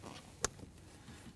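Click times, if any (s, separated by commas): 0.4 s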